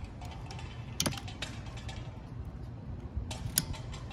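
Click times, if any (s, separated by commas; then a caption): 3.6 s. A new windshield wiper blade is slid onto the hook of the wiper arm on a Chevy Equinox, with a few sharp plastic-like ticks and rattles around 1.0–1.4 s as it is handled. A crisp click at 3.6 s is heard as the blade latches and seats onto the arm.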